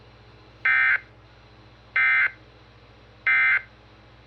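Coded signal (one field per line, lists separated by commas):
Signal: Emergency Alert System (SAME) tones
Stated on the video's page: Tones played from a VCR to self-activate a Uniden BC370CRS scanner.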